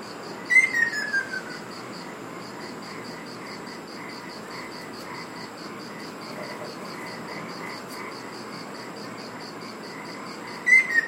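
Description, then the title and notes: Ruddy kingfisher with a loud descending whistled call near the start and another call beginning at the very end, over a steady pulsing insect chorus. Recorded on Iriomote Island, Okinawa, Japan. "赤翡翠 - Ruddy Kingfisher. Recorded in Iriomote Island Okinawa Japan"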